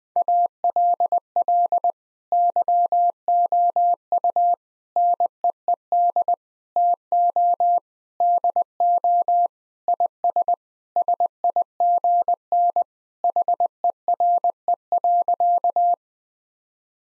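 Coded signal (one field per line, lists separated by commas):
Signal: Morse code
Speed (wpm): 20 wpm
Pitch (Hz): 700 Hz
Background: none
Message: ALL YOU NEED TO DO IS SIGN HERE.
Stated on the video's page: Morse practice sentences with common six-word phrases at 20 wpm, each sent, then spoken, then sent again.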